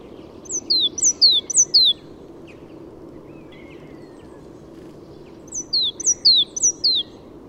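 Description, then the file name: Great tit giving two bursts of high, quick descending whistled notes, each run of several notes, with steady low rumble underneath. "Parus major"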